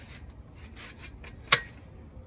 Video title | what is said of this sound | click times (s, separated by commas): Multi-Function Barbell rack build muscle at home | slide these up like so it locks into place | 1.5 s